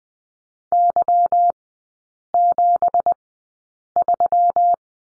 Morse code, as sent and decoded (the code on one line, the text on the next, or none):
-.-- --... ...--
Y73